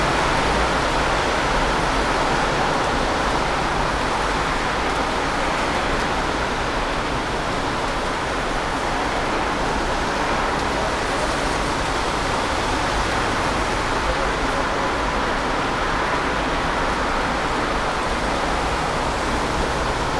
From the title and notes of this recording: Cars Driving in the Rain. The soothing hum of a rainy downpour, as cars drive through the rain.